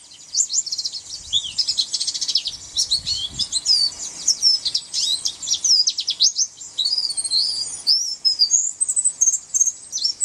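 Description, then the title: White-eye singing a long, hurried stream of high, sweet twitters and quick slurred chips, unbroken from start to finish. "Pleci"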